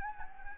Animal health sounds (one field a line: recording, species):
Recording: mosquito wingbeat signal from an infrared sensor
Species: Anopheles gambiae